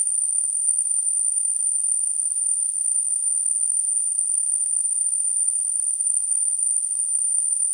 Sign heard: Tinnitus.